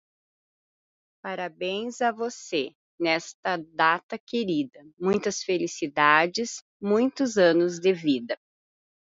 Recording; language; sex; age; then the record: short text; Brazilian Portuguese; female; 40 to 49 years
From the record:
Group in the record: control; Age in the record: 41 years